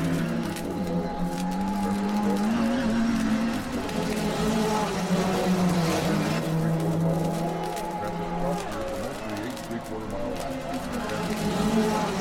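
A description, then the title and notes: Motoring sound: a car engine holds a steady low hum that rises and falls gently in pitch, with a constant whine above it. Road and tire noise fill in beneath. A few faint voices may come through now and then. The Sounds of Motoring.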